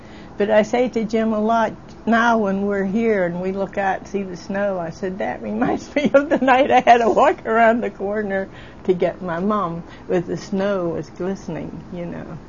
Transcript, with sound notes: But I say to Jim a lot, now when we're here and we look out and see the snow and I say that reminds me of the (laughing) night I had to walk around the corner to get my mom with the snow was glistening, you know.